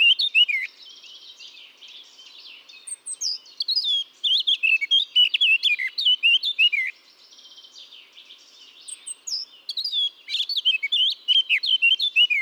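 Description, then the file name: Eurasian blackcap singing two loud bursts of rapid, varied warbling with fluty and scratchy notes, separated by a quieter stretch of soft chatter. "Sylvia atricapilla"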